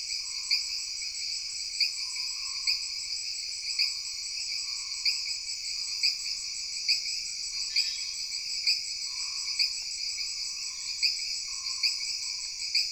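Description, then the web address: Jungle insects in a dense chorus: steady high shrill buzzing layers with sharp ticks pulsing about every second, over a soft low hum that rises and falls. Jungle background ambience of insects with frogs. "Sony Pictures Sound Effects Series Backgrounds Jungle Insects With Frogs"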